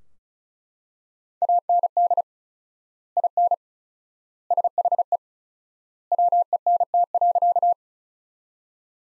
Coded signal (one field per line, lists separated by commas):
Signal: Morse code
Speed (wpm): 36 wpm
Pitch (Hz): 700 Hz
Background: none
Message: AND IN SHE WENT.